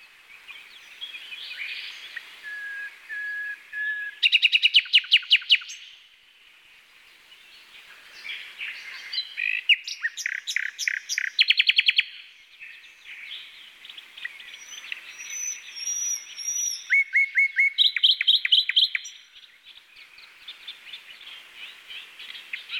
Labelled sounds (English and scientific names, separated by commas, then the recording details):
Common Nightingale (Luscinia megarhynchos) song
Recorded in the wild
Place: NSG Taubergießen / Reg.-Präs. Freiburg im Breisgau, Baden-Württemberg, DE
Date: 1982-05-26
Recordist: Schwarz, Dieter